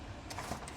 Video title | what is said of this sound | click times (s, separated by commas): Bean Stock w/ NEW Front Box System - New & Improved Off-Road Camper | It just pops right out, locks in place, | 0.3 s, 0.7 s